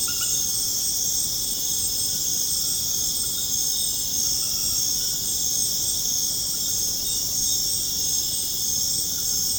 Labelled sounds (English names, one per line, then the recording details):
none
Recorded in dense forest near Puerto Asís, Putumayo, Colombia, on 25 June 2025 at 20:00
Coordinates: 0.486, -76.317
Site G065